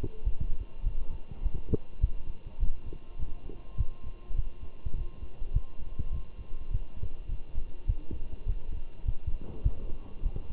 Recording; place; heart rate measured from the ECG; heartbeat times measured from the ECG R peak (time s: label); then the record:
heart sounds by stethoscope; between the tricuspid and mitral areas; 102 bpm
0.25 s: heartbeat
0.84 s: heartbeat
1.43 s: heartbeat
2.01 s: heartbeat
2.60 s: heartbeat
3.19 s: heartbeat
3.78 s: heartbeat
4.36 s: heartbeat
4.96 s: heartbeat
5.54 s: heartbeat
6.13 s: heartbeat
6.71 s: heartbeat
7.30 s: heartbeat
7.88 s: heartbeat
8.46 s: heartbeat
9.06 s: heartbeat
9.64 s: heartbeat
10.23 s: heartbeat
From the record:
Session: walking at 3.7 km/h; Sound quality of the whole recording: good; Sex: male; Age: 23 years